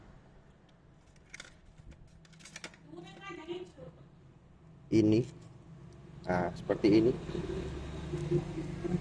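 During a Samsung A12 battery replacement, the battery flex connector is being handled over its socket on the phone's logic board. A few faint, short ticks and taps are heard around 1.3–2.7 seconds while someone talks. Nothing has seated or clicked yet.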